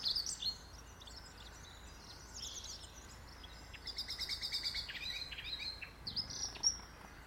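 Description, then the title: Birds twittering softly, high thin chirps and short trills scattered throughout, with a faint steady background hiss. Birds singing in a garden. "Birds Sounds in the Garden"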